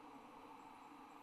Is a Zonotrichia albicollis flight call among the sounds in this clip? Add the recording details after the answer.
no. No flight call is heard. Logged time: 23:44 on 29 November 2014